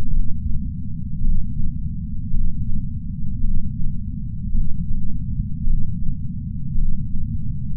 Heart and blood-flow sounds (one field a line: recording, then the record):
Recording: heart sounds by patch sensor on the chest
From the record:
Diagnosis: coronary artery disease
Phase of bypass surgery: intraoperative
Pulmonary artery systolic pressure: 24 mmHg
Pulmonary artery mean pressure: 20 mmHg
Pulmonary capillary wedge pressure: 12 mmHg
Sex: male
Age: 60 years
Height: 170 cm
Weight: 103 kg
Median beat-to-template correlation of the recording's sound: 0.88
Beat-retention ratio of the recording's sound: 0.98